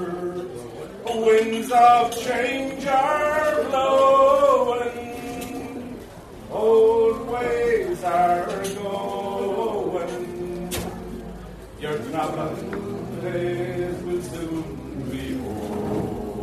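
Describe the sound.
In a bar, a voice talks animatedly with drawn-out, rising tones, pausing briefly around six and twelve seconds over a low background murmur.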